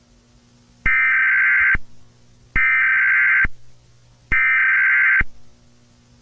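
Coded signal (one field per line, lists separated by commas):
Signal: Emergency Alert System (SAME) tones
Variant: header bursts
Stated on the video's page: Fictional EAS scenario.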